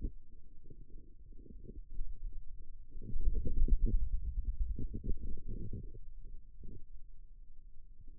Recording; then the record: forearm muscle sounds (acoustic myography)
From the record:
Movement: ulnar deviation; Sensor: system 2, bracelet of six BSWA MPA416 microphones around the upper forearm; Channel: 6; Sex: male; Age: 22 years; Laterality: right